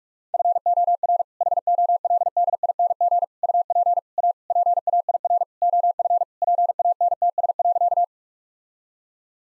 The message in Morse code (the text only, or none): FOR HOLDING UP A PAIR OF PANTS.